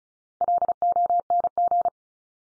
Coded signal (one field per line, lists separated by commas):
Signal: Morse code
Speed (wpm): 34 wpm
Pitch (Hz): 700 Hz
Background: none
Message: LONG